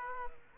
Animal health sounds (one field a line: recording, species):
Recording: mosquito wingbeat signal from an infrared sensor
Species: Aedes aegypti